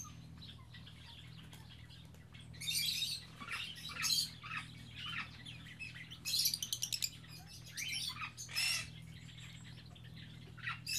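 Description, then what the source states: Several birds giving bursts of chirps and squawks, including a fast rattling series midway, then quieter scattered notes, over a low droning hum. Captive birds in an aviary on Spetses.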